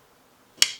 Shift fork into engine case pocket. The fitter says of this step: and that pops in like so last one